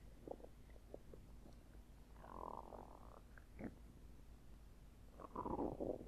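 Low, irregular gurgling and squelching sounds come in bursts: short pops early on, then a longer rumbling gurgle, and a louder bubbling grumble near the end. These are ordinary stomach and bowel rumbles (borborygmi), a tummy grumble from gas and fluid moving through the gut.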